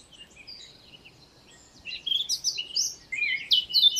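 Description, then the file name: Eurasian blackcap warbling in short, sweet bursts of rising and falling notes that grow louder in the second half. "Sylvia atricapilla"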